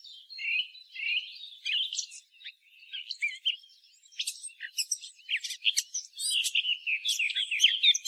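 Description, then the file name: Eurasian blackcap producing scratchy warbled notes that build into a denser, livelier stream of sharp high chirps. "Sylvia atricapilla"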